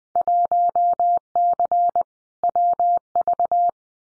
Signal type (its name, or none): Morse code